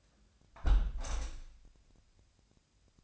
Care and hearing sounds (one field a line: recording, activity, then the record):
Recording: daily activity, microphone in the room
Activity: close window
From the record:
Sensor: 2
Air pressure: 1014.7 hPa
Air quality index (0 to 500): 80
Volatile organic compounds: 2 ppm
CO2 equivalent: 1049 ppm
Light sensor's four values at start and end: 8/19/8/8 and 8/19/8/8